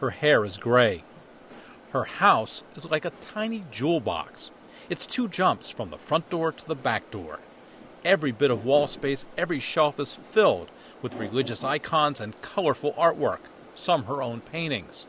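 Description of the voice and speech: An adult narrator reads fluently at a steady, unhurried pace with clear articulation and normal voice quality.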